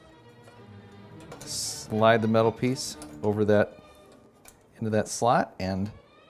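Someone talks while a dishwasher rack adjuster's second piece is rotated into position and its metal piece is slid toward the slot on the dishwasher rack, with faint handling ticks near 1.3 s, 1.4 s and 4.5 s. Nothing has seated or clicked yet.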